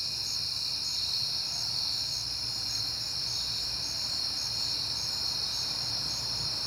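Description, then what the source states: Crickets chirp in rhythmic pulses over a continuous high trilling chorus, with a soft low hum throughout. Crickets recorded at night in September, on a peaceful night.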